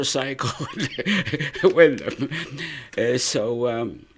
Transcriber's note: he laughs